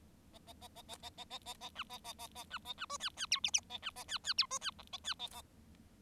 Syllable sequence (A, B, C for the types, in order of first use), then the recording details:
A A A A A A A A A A B A A A A B A B C D D E F F A B A D D E C D G A D A A. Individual Bird7